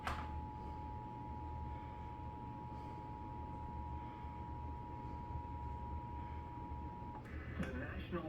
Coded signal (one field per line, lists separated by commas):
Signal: Emergency Alert System (SAME) tones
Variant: 853 and 960 Hz attention tone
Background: speech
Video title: Flash Flood Warning extension from Lake Charles, LA | EAS #124